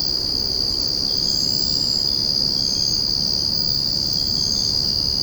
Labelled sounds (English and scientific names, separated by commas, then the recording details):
none
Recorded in secondary vegetation near Puerto Asís, Putumayo, Colombia, on 13 March 2025 at 05:00
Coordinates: 0.481, -76.318
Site G097